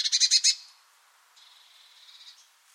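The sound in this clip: Bird giving a brief loud, buzzy rattle, followed by a faint, thinner chatter that trails away.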